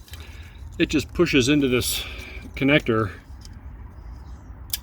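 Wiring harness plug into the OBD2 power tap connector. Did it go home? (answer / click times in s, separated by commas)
yes / 4.7 s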